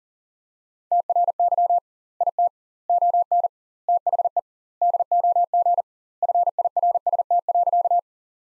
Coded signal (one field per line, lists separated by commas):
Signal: Morse code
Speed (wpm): 40 wpm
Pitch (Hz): 700 Hz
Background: none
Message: TRY IT ON THE DOG FIRST.